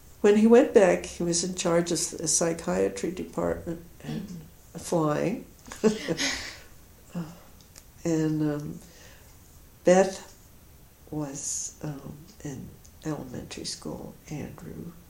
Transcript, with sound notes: when he went back he was in charge of the psychiatry department. Flying. [Laughs] Beth was in elementary school, Andrew